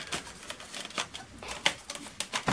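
A Bayangtoys X28 5G 1080P GPS drone's locked plastic folding arm is pushed with a bit of force out of its hinge lock in the drone body and folded back. Soft handling rustles lead to sharp release clicks at 1.7 s and 2.2 s, followed by a few lighter knocks as the arm swings. The arm comes free of its lock and folds.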